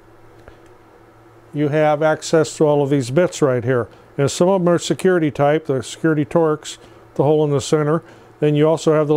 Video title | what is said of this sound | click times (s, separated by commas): Working With TINY Tools | and by popping this open | 0.5 s